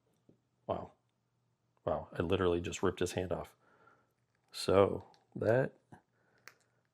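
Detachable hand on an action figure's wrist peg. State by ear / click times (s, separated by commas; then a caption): seated / 6.5 s. A plastic action figure's hand, accidentally pulled off, is pushed back onto its wrist peg while someone talks. One sharp click at 6.5 s marks the hand snapping back into place.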